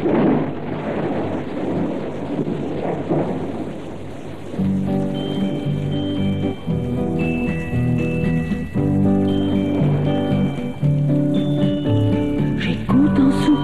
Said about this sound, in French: La pluie qui ruisselle, frappant doucement sur mes carreaux, comme des milliers de larmes qui me rappellent que je suis seul en l'attendant.